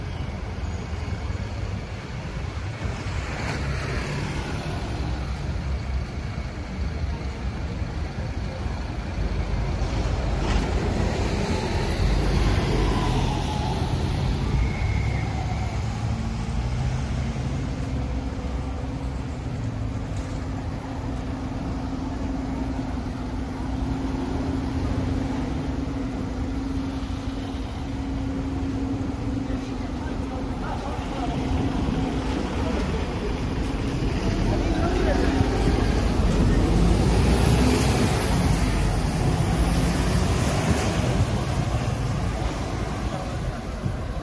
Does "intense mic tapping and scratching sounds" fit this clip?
no